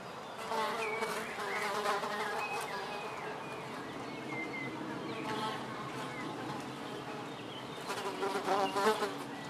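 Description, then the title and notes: Fly buzzing in a steady drone with layered harmonics, while short whistled bird notes sound now and then in the background. Flies on a house balcony in the morning, recorded from a window at Erta di Sopra, Contrà Erta VI, Italy, with birds in the distance. "Erta di Sopra, Contrà Erta VI, Italia - Erta di Sopra - Mosche sul balcone e Uccelli in lontananza. In the morning, from the window of my house, listening to nature"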